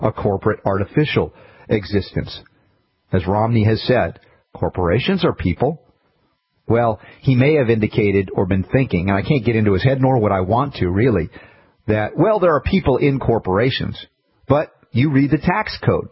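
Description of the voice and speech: A man speaks fluently in a steady, mid-low voice with natural pauses, showing ordinary speech.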